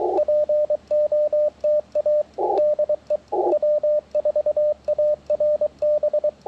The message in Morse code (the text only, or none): POTA DE W4ARB